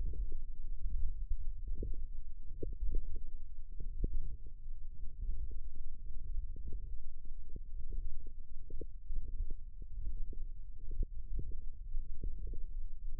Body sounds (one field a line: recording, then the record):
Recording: forearm muscle sounds (acoustic myography)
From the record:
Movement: ulnar deviation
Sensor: system 1, eight BSWA MPA416 microphones around the upper forearm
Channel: 6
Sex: female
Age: 22 years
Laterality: right